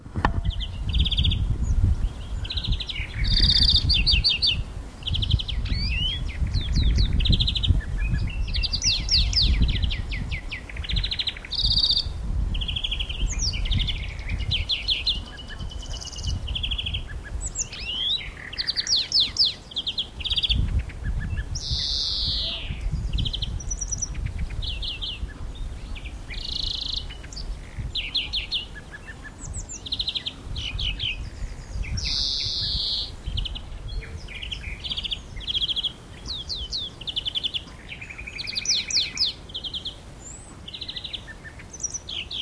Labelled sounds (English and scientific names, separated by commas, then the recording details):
European Greenfinch (Chloris chloris) song
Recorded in the wild
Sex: male
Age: adult
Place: Berlin, OT Blankenfelde, Berlin, DE
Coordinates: 52.6375, 13.4131
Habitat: water, formerly gravel pit
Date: 1988-04-30 11:38
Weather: sunny, 16-20°C
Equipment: Nagra SN, Kopie Tesla B 116
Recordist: Tembrock, Günter